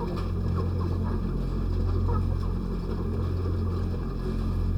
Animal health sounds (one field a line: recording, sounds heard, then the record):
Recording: poultry house recording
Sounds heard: sick chickens (respiratory disease)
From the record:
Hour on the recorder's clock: 20